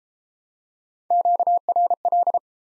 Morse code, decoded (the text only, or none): QRL